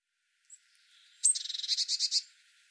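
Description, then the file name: Eurasian blue tit call: a brief thin high note, then a loud buzzy churr of many quick pulses lasting roughly a second. "Cyanistes caeruleus"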